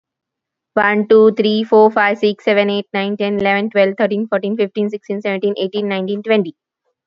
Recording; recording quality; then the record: counting at a fast pace; excellent, no background noise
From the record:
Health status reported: COVID-19 positive, no symptoms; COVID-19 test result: positive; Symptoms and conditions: none ticked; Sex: female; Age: 36 years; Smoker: not ticked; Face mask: not worn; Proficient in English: yes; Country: India